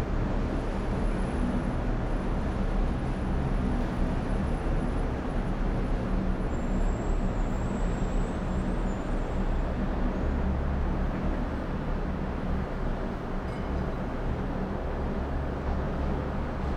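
Melbourne's Docklands from the 29th floor at early evening: a steady, dense low traffic rumble, with a faint high whine drifting over it early on.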